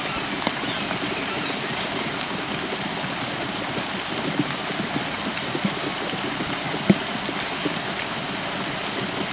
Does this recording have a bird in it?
no